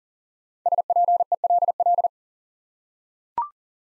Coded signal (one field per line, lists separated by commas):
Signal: Morse code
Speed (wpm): 40 wpm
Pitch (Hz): 700 Hz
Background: none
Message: SPELL